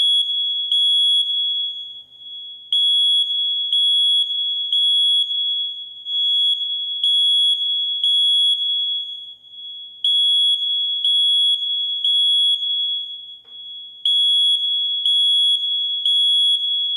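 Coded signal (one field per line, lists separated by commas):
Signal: alarm pattern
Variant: smoke detector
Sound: shrill high-pitched alarm tone sounding in long stretches with brief pauses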